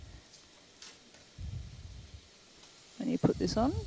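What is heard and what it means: A connector is pushed onto a PEG gastrostomy feeding tube and clicks on at 0.8 s, seating in place. Low rustling and handling noise follow, and then someone talks.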